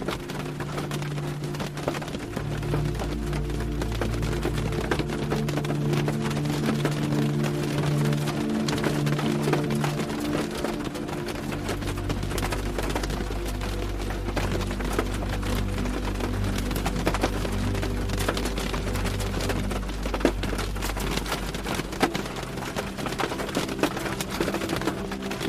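Rain patters steadily against a window, a dense spray of fine ticks with frequent sharper drops throughout. Beneath it sits a low, sustained drone of soft held tones that shift in pitch around the two- and eleven-second marks, staying calm and even.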